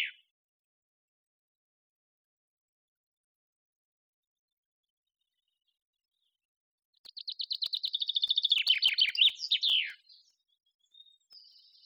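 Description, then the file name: Common chaffinch song after a long silence, a brisk series of high notes stepping downward and ending in a tumbling flourish, followed by faint high chirps. "Fringilla coelebs"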